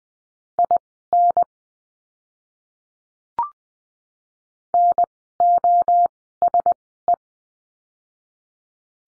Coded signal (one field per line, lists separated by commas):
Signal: Morse code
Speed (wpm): 20 wpm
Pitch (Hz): 700 Hz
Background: none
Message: IN NOSE